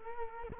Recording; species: mosquito wingbeat signal from an infrared sensor; Culex quinquefasciatus